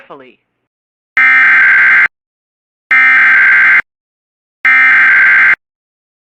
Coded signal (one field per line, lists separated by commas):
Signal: Emergency Alert System (SAME) tones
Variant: header bursts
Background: speech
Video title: Still more from Oklahoma! | EAS Alerts from June 15th, 2023 (EAS #2631-2641)